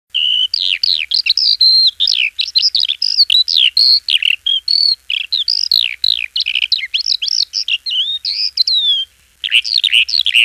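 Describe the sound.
Eurasian skylark song, a fast stream of high, varied, twittering and trilling notes with a brief pause near the end before it resumes.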